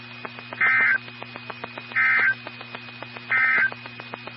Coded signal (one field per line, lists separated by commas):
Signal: Emergency Alert System (SAME) tones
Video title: 2025 Ohio Statewide Tornado Drill (EAS 2835-2837)